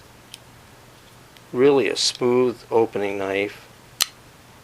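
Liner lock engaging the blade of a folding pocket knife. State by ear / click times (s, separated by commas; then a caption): seated / 4.0 s. Someone talks as the blade of a Spyderco Sage folding pocket knife is flicked open. At 4.0 s, its metal Walker liner lock springs behind the blade tang with one sharp click, and the lock seats, holding the blade open.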